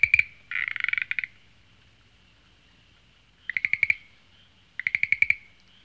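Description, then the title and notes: Frog calls: a few bursts of rapid, rattling pulsed trills, each under a second long, separated by silences, in an otherwise quiet setting. "NHK Sound Effects Collection Frogs, Crickets, Cicadas, Horses, Dogs. NHK効果音集 カエル・虫・セミ・ウマ・イヌ"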